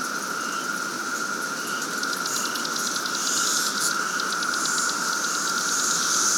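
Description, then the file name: Periodical cicada chorus, a steady unbroken drone with runs of rapid high ticking pulses above it. Cicada chorus at 10:06 AM on Memorial Day, 2024. "Siliskie Road Cicadas"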